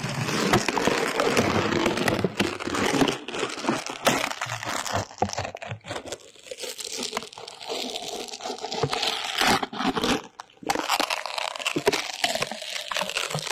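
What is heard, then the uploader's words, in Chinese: Ear cleaning with no voice: dense crinkly scratching and rustling fill the clip, loudest in the first three seconds. After that the scraping thins into quieter, irregular crackles and soft rubbing, with a brief near-silent gap around ten seconds before the crunching resumes. 掏耳无人声助眠。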